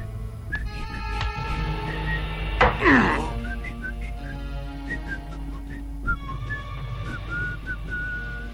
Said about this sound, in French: On s'en va vers un flashback qui n'a pas vraiment d'importance et puis ça va me permettre de siffler la toune de Jeopardy pour occuper le temps.